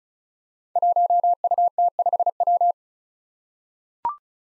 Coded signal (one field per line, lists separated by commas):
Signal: Morse code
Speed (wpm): 35 wpm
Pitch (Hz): 700 Hz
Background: none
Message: 1UT5W